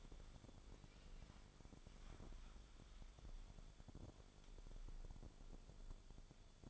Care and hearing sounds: daily activity, microphone in the room; wipe stove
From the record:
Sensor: 5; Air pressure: 1015.1 hPa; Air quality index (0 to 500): 138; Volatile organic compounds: 3 ppm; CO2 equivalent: 1494 ppm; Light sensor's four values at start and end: 35/83/34/35 and 36/85/34/36

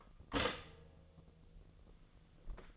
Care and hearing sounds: daily activity, microphone in the room; stop toaster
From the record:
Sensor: 4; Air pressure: 1001.0 hPa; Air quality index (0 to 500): 155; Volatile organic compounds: 2 ppm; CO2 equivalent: 1135 ppm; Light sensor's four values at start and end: 19/44/18/20 and 18/41/17/18

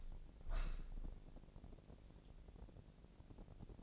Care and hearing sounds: daily activity, microphone in the room; open window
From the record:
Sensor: 5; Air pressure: 1012.4 hPa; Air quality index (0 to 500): 164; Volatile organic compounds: 2 ppm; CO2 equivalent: 1109 ppm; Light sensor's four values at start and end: 69/166/68/73 and 69/166/68/73

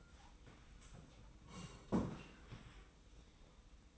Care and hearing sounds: daily activity, microphone in the room; sit down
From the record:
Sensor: 1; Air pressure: 990.5 hPa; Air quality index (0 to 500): 152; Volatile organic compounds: 1000 ppm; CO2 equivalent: 5500 ppm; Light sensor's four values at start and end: 32/75/32/35 and 32/75/32/35

